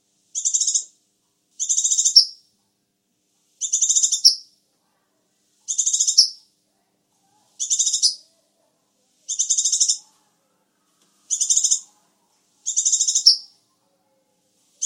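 Sunbird song: steady series of eight buzzy, high-pitched bursts, evenly spaced about every one and a half to two seconds.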